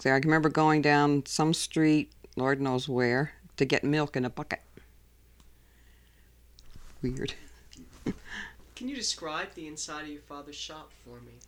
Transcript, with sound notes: I can remember going down some street, Lord knows where, to get milk in a bucket. Weird. ( she laughs )
Can you describe the inside of your father's shop for me?